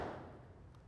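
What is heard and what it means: A loaded en-bloc ammunition clip is handled and pushed down into the open receiver of a historic rifle. A soft low thump at the start fades into quiet handling noise, with a faint small contact near 0.8 s. Nothing has seated or clicked yet.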